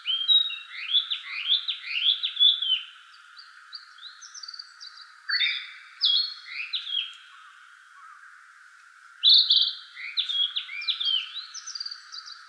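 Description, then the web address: Narcissus flycatcher song: varied high phrases of slurred whistles and quick rising and falling notes, given in short bursts with pauses, over a steady background hiss. Recorded on 25 April 2017. "birdenaga kibitaki 170425"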